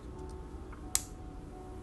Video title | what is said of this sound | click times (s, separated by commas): Hang Out With Me - What’s Inspiring Me Lately That's Not Social Media | so it snaps into place. and it makes that really satisfying sound. | 1.0 s